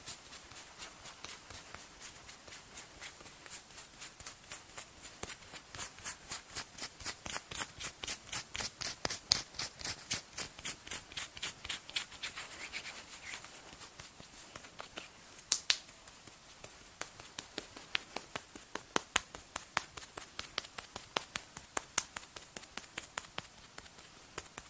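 Hands work body mousse over a face with a quick, steady run of crisp, wet-sounding taps and pats. The rhythm is dense at first, thins out in the middle with a few sharper pops near nine and fifteen seconds, then continues as slower, more spaced patting.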